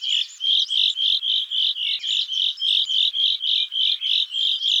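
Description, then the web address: Common chaffinch: a steady series of short, high, bright notes, about three or four a second throughout. "Fringilla coelebs"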